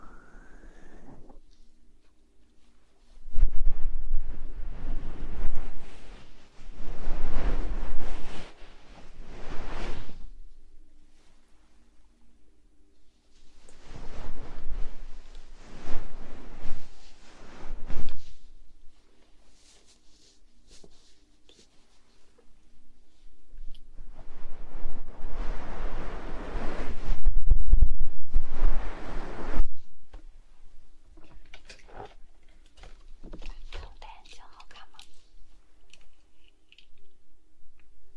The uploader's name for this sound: ASMR Ear blowing